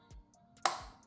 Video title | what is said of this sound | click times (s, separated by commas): 2024-2026 BUICK ENCORE GX 1.3L Replace Stuck Positive Crankcase Ventilation (PCV) valve #buick | You heard that little click. And it's in. | 0.7 s